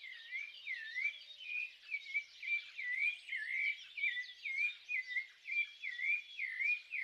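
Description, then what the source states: Birds singing in chorus, a steady run of looping whistled notes that dip and rise, repeated about twice a second over a busy chirping background. Birds singing at dawn.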